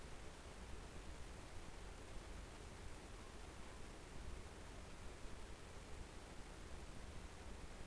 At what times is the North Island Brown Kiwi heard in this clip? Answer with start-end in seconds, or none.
none